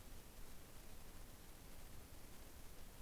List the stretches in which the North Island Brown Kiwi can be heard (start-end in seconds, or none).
none